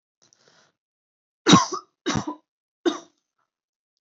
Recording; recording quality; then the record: heavy voluntary cough; excellent, no background noise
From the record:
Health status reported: exposed to COVID-19, no respiratory illness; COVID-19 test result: negative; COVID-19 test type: RT-PCR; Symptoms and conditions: cough, cold, fatigue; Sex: female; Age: 23 years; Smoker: no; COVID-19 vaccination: both doses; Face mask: not worn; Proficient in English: yes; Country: India